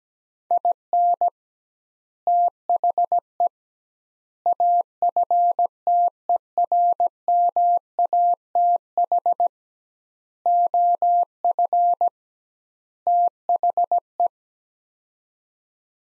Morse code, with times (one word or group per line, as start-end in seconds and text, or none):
0.5-1.3 IN
2.3-3.5 THE
4.5-9.5 AFTERMATH
10.5-12.1 OF
13.1-14.3 THE